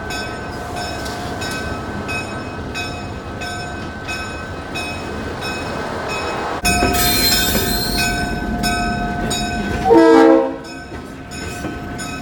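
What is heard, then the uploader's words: A train rolls steadily past with a low rumble and a regular clatter of wheels over rail joints, roughly every half second. Around seven seconds a bright metallic hiss and squeal rises, and near ten seconds a loud, high wheel screech peaks before fading. The Santa Cruz Beach Train, which runs between the Santa Cruz beach boardwalk and Felton. Im unsure of the locomotive but I think its a GP7 or GP9?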